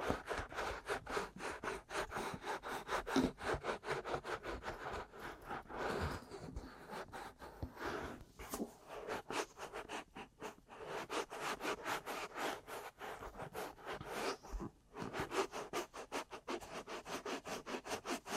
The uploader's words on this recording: ASMR Aggressive Ear Massage & Tapping (No Talking).